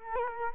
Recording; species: mosquito wingbeat signal from an infrared sensor; Culex quinquefasciatus